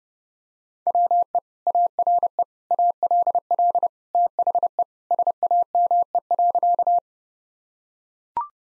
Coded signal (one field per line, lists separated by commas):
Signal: Morse code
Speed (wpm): 30 wpm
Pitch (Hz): 700 Hz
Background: none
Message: WE ARE ALL THE SAME.